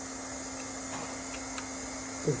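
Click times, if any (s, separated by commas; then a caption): none. A new door lock actuator motor for a Hyundai i20 is lined up in the door latch assembly and pushed toward its seat. A steady background hum runs throughout, with faint handling ticks and a louder short knock near the end. Nothing has seated or clicked yet.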